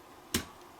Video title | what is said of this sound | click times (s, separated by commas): 2020 COVID Build 1920x | and push down until you hear it click | 0.4 s